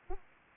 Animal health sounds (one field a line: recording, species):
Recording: mosquito wingbeat signal from an infrared sensor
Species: Aedes aegypti